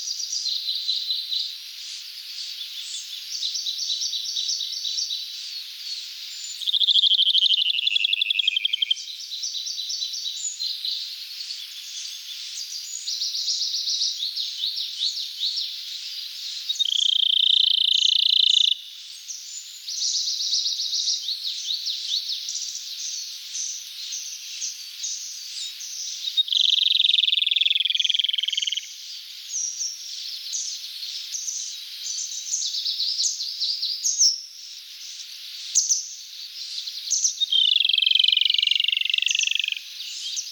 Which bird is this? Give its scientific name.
Luscinia sibilans